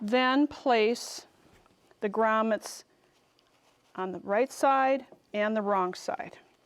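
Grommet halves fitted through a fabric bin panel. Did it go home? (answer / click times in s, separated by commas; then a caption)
no / none. Two halves of a plastic grommet are placed on the right and wrong sides of an opening cut in an interfaced fabric bin panel, ready to be pressed together until they lock. Someone talks throughout, with faint handling sounds in the pauses. Nothing has seated or clicked yet.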